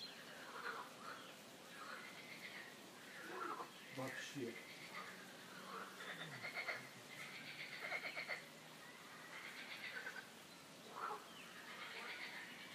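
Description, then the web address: Frogs croaking in a dense chorus, overlapping pulsed, rattling calls that rise and fall in waves, with a brief sharp knock near the middle. Frogs croaking in a park; the calls are described as a quack-like 'coin-coin'. "coincoin des grenouilles dans le parc"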